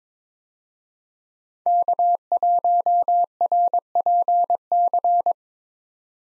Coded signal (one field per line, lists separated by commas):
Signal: Morse code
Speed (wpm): 22 wpm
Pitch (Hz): 700 Hz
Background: none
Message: K1RPC